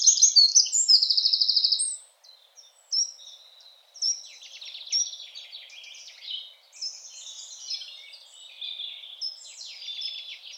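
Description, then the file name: Eurasian wren song opening with a loud, rapid high trill, then a string of quieter, varied twittering notes and short rattles. "Troglodytes troglodytes"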